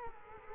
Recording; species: mosquito wingbeat signal from an infrared sensor; Culex quinquefasciatus